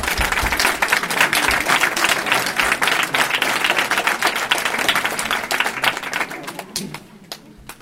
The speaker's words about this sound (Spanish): Otro aplauso.